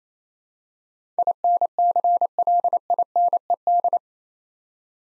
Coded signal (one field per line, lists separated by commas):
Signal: Morse code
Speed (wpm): 27 wpm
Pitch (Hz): 700 Hz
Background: none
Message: INCLINED